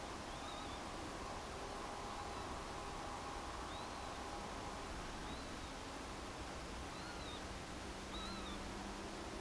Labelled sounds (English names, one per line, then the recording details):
Northern Lapwing
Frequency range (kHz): Northern Lapwing 1.1-4.4 kHz
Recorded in France